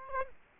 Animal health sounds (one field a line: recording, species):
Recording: mosquito wingbeat signal from an infrared sensor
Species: Aedes aegypti